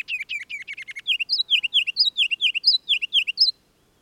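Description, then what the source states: Ruby-crowned kinglet song: a quick burst of chattering notes, then many rolling, down-slurred phrases repeated rapidly, against a quiet background. Regulus calendula in northern forest, in continual aerial display nearly nonstop from dawn to dusk: sings on a fir limb about 20 feet up, flits out, somersaults, hovers, returns; recorded at lunchtime, unprocessed.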